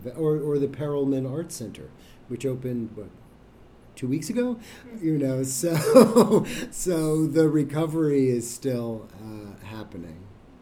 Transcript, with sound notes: Or the Perelman Art Center, which opened what, two weeks ago? So, [laugh] so the recovery is still happening.